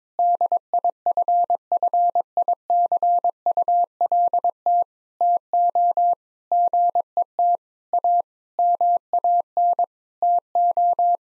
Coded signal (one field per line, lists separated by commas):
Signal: Morse code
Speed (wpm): 21 wpm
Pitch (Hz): 700 Hz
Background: none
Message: DIFFICULT TO GET A MAN TO